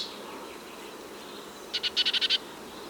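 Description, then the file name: Eurasian blue tit giving a short burst of seven high, clipped notes near the end, with steady background hiss throughout. "Cyanistes caeruleus"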